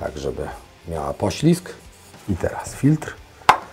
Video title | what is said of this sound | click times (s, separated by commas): Wymiana oleju wysysarką kontra klasyczna metoda - Warsztatowe porady | Zatrzasnął się i wkręcamy. | 3.5 s